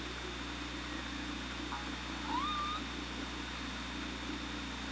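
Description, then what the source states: Killer whale call: a single tonal note sweeping upward and then levelling off, over a steady underwater hum and hiss. Hydrophone recording from OrcaLab, made 24 August 2017 at about 16:32.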